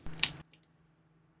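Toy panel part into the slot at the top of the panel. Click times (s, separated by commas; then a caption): 0.2 s. A plastic/metal panel piece of a Touch Toys J16-N Wutianyushang 2035 transforming robot toy, with buckles on its back, is pushed into the gap on the top of the panel. A brief scraping rustle leads to a sharp, bright click at 0.2 s, followed by a faint tick and near silence with a low hum. The panel piece clicks into place and is locked.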